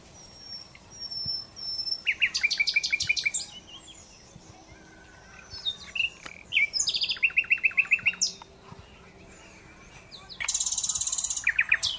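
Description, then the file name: Common Nightingale song: a thin high whistle, then pulsing rattles, fluty notes and rapid repeated trills, ending in a loud grating buzz. "Luscinia megarhynchos"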